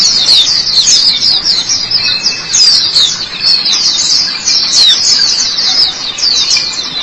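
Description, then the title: White-eye song: fast, high, tumbling warble of short slurred notes, delivered in a steady, unbroken stream. White-eye twittering song. "Kicauan Burung Pleci"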